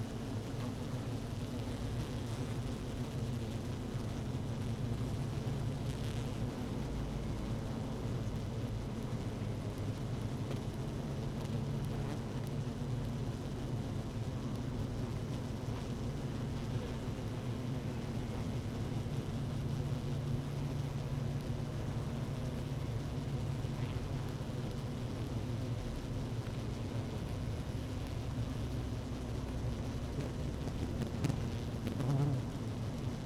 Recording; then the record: honeybee colony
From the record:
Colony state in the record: active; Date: 12 June 2018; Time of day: 17:15